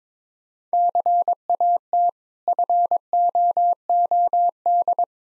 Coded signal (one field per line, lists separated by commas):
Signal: Morse code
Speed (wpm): 22 wpm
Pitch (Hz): 700 Hz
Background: none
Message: CAT FOOD